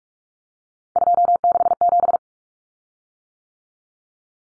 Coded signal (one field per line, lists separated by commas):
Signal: Morse code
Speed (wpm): 44 wpm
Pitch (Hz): 700 Hz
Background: none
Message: 267